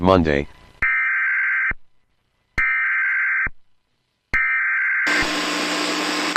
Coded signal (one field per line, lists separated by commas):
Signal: Emergency Alert System (SAME) tones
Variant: header bursts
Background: speech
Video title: An EAS Scenario #5 Kaden and Brombus